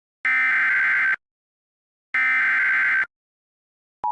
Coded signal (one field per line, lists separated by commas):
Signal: Emergency Alert System (SAME) tones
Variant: header bursts